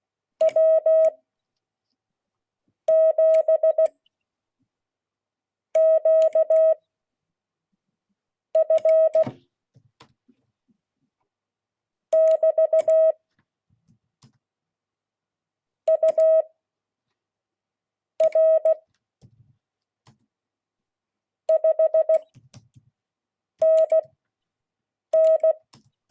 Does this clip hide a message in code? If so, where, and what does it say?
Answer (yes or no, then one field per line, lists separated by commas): yes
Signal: Morse code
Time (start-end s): 0.4-25.5 s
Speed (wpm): 16 wpm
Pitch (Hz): 640 Hz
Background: none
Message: W7QF <BT> UR 5NN